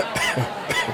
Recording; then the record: coughing mixed with background sound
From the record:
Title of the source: Dry Afternoon Cough